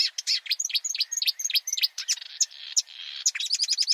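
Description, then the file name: Marsh warbler giving rapid, high, scratchy chattering notes in quick succession, with a short buzz in the middle. "suara-kicauan-burung-marsh-warbler -omkicau"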